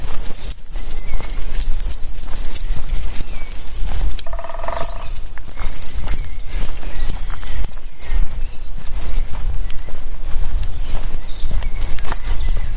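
A walk in the woods: a dense, unbroken rustling and crunching, like steps over ground litter, runs the whole time over a low rumble. A thin, steady high whine hangs above it, and a short tonal call breaks through around the fourth second.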